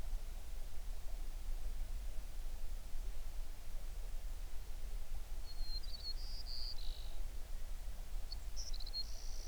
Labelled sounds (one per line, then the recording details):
songbird
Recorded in the Prudhoe Bay oil fields, Alaska, on 11 June 2019 at 05:29
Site 21